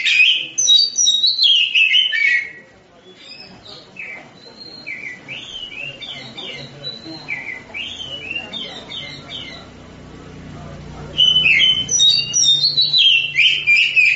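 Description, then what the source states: Oriental magpie-robin song, loud fast chattering phrases at start and end, with quieter varied whistled notes between, and a faint low hum in the background. Champion songbird.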